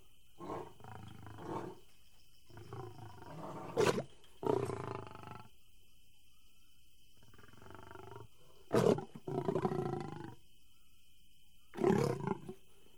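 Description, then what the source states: Big cat uttering rough roars and grunts in separate bursts with quiet pauses, over a faint steady background tone. Big cat house.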